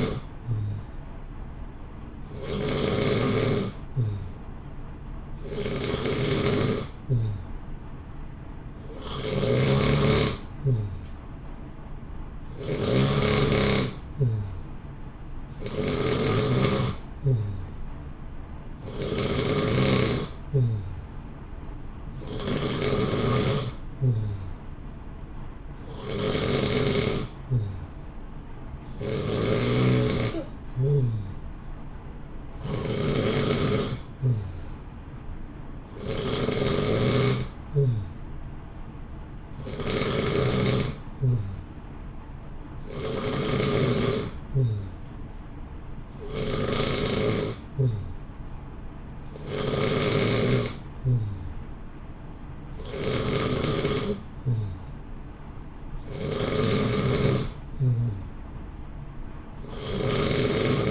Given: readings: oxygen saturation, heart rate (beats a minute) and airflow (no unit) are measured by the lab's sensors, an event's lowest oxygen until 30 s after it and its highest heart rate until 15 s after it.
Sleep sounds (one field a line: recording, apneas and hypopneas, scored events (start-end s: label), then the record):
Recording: breathing in sleep by a smartphone at the bedside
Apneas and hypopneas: none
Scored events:
36.00-60.91 s: new sleep stage, N2 (light sleep)
From the record:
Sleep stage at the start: N3 (deep sleep)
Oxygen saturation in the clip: 90 to 91%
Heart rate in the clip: 58 to 64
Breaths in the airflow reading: 18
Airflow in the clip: -0.9 to 0.8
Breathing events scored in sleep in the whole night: 328 in 6.3 hours asleep